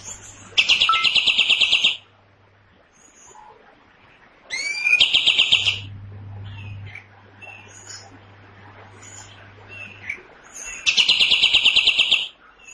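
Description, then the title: Cream-vented bulbul song in three loud, harsh bursts of fast pulsed notes, separated by quieter chirps and a low hum. Loud, harsh, long song, used to train songbirds. "Pikat Masteran Kapas Tembak. Tembakan Panjang Kapas Tembak Gacor Suara Lantang Kasar"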